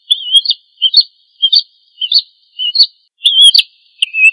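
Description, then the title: Oriental magpie-robin song: short, clear whistled phrases, each sliding and warbling, repeated with brief gaps, no other sounds. "Kicau Kacer"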